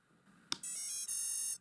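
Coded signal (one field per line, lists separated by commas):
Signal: beep code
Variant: quadcopter ESC startup tones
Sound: connector click, then three quick stepping electronic tones and a longer final tone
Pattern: 3 short, 1 long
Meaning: The motors, ESCs and flight controller are powered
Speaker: if I connect the power to the flight controller also then it will make four sounds or nodes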